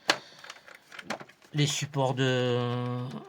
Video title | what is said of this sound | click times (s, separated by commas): Il est enfin arrivé 🤤Fms jimny 1/6 | Bon, déjà, ça clipse moyennement. | 0.1 s, 1.1 s